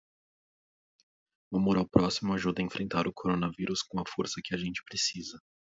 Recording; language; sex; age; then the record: spoken sentence; Brazilian Portuguese; male; 30 to 39 years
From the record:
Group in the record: control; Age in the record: 33 years